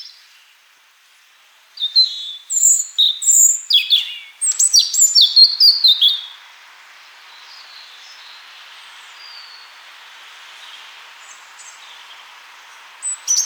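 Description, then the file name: European robin song: thin, high warbled phrases with quick sweeping notes and short trills for about four seconds, then near silence with a faint hiss. "Erithacus rubecula"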